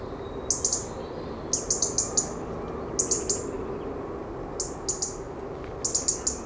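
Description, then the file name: European robin calls: very high, thin clicking notes given in quick clusters, repeated at short intervals. "Erithacus rubecula"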